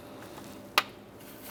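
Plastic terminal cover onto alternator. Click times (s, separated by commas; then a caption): 0.8 s. A plastic protective terminal cover is pressed onto the alternator of a 2004–2010 BMW X3 and snaps into place with a single sharp click at 0.8 s, rising well above the low background hum. The cover is seated and secure.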